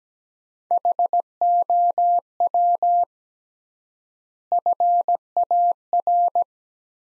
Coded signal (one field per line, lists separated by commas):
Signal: Morse code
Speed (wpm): 17 wpm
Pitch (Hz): 700 Hz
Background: none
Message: HOW FAR